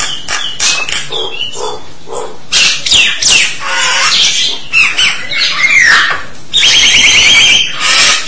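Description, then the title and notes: Starling song: varied clicks and squeaky notes, then looping whistled phrases, ending in a fast rattling trill. "suara burung jalak"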